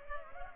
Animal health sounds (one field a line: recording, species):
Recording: mosquito wingbeat signal from an infrared sensor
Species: Culex pipiens